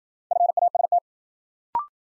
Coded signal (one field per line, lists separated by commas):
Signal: Morse code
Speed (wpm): 53 wpm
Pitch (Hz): 700 Hz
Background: none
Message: FAST